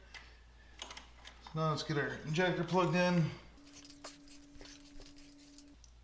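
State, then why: Not seated. A Cobra Fi2000 PowerPro tuner harness plug is handled near a motorcycle's fuel injector connector, with light plastic taps and rustles around 0.8–1.3 seconds before someone talks. After that, a steady low tone holds from about 3.6 to 5.7 seconds while small sharp ticks continue. Nothing has seated or clicked into the connector yet.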